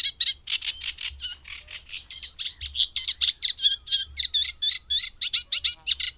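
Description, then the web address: Eurasian reed warbler song of churring, repetitive notes delivered quickly and unevenly, each note type repeated two or three times before changing. "agykontroll Madardalok Cd 3. Cserregő nádiposzáta"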